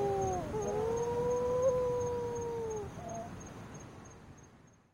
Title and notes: 3 wedge tailed shearwaters mourn the loss of their partners